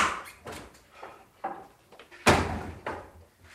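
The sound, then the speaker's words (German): A house door is pushed shut with a loud, heavy thud, surrounded by several softer knocks and metallic clicks as a key turns in the lock. No one speaks. “Und den Schlüssel, den nehme ich als Weltloch mit.”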